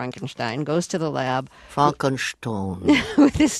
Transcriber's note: soundbite of laughter